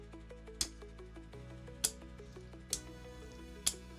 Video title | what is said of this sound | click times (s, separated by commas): Nexxspeed CNC Lightweight Selector Charging Handle for Action Army AAP-01 | Nice positive click. | 0.6 s, 1.9 s, 2.7 s, 3.7 s